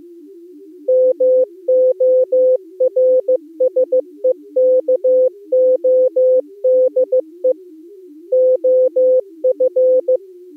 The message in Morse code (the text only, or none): MORSEKODE OF